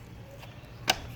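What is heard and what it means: A plastic engine cover on a BMW 330e hybrid is pressed down onto its first clip on the mount. A single sharp snap at 0.9 s marks the clip seating, over a low background hum. The cover clip is seated.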